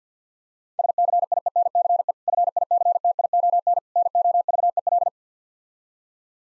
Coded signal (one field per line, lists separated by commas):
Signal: Morse code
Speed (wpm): 50 wpm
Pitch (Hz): 700 Hz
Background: none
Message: SCIENCE FICTION NOVEL